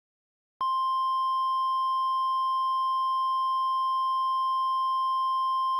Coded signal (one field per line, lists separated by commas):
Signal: Emergency Alert System (SAME) tones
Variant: 1050 Hz attention tone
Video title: Midnight Monster- Tornado EAS Mock